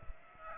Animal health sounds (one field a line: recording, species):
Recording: mosquito wingbeat signal from an infrared sensor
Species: Aedes aegypti